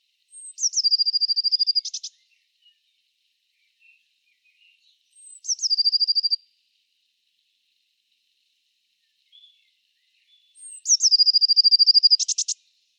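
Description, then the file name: Eurasian blue tit calls: three phrases about five seconds apart, each opening with a thin high note and then a fast, even trill. Two of the phrases end in a short buzzy burst. "Cyanistes caeruleus"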